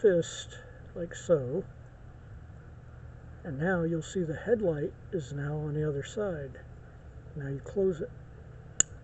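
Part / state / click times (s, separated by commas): hinged arm panel closing on a transforming toy robot / seated / 8.8 s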